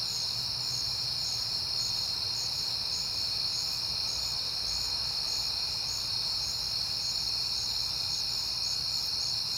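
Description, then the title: Crickets in a steady high chorus, with one very high voice pulsing in quick repeated chirps above the continuous trill. Crickets recorded at night in September, on a peaceful night. "Night Time: Crickets and Passing Cars"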